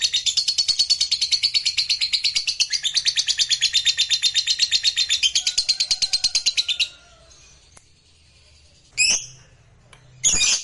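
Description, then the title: Lovebird song, a long fast chattering trill of rapid high notes for about seven seconds, then silence broken by two short sharp chirps. Recording played to stimulate a lazy lovebird into singing. "LOVEBIRD Malas Bunyi JADI GREGET SPONTAN Langsung NARIK"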